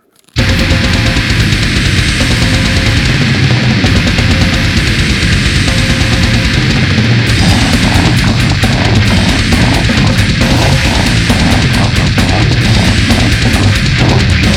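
Loud, continuous low rumbling with irregular bubbling bursts heard by stethoscope over the oblique aponeurosis of an adult's abdominal wall: normal gurgling bowel sounds.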